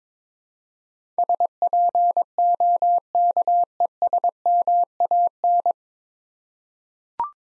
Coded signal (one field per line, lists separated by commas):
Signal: Morse code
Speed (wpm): 22 wpm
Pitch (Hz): 700 Hz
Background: none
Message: SPOKESMAN